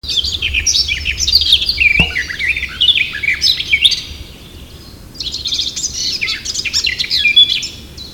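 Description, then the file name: Eurasian blackcap song of hurried, mixed warbling notes for about four seconds with a single low thud partway through, a short silence, then a second bright, chattering phrase. "Sylvia atricapilla"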